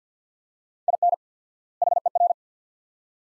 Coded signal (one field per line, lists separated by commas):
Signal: Morse code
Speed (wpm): 50 wpm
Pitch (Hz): 700 Hz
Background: none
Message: IN HER